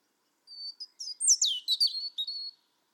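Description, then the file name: European robin song, a two-second run of high, thin, varied notes with sweeping whistles, in an otherwise quiet background. "Erithacus rubecula"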